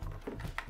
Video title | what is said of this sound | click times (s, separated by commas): How To: Install Intel LGA 1200 Processor | This one, click. | 0.6 s